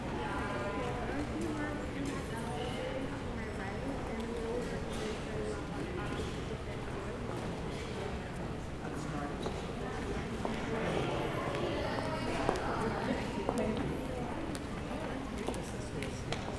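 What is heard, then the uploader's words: A museum lobby fills with steady overlapping chatter, a dense murmur of many voices, with occasional clicks and sharper knocks near the end. Lobby at the Museum.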